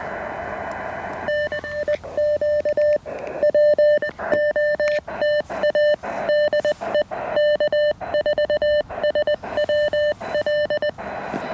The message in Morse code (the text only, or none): TEQ WOTA DE K4SWL